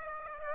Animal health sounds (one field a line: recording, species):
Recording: mosquito wingbeat signal from an infrared sensor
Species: Aedes aegypti